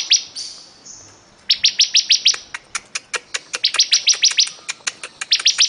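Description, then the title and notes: Bar-winged prinia song: rapid chains of high, sharp notes, with a slower series of separate ticking notes between the fast bursts. Ciblek described as gacor (singing constantly and vigorously). "Ciblek Durasi Panjang 2. Suara Burung Ciblek Gacor"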